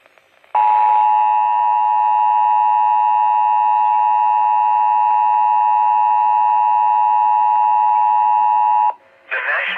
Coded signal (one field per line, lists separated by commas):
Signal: Emergency Alert System (SAME) tones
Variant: 853 and 960 Hz attention tone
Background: speech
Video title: JUST A LITTLE BIT OF STORMS... EAS Alerts from 5/3/19 - (EAS #2,431 - 2,434)